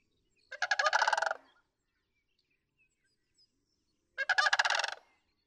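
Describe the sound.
Sandhill crane giving two loud, rolling, rattling calls, each just under a second long and about three and a half seconds apart, with silence between.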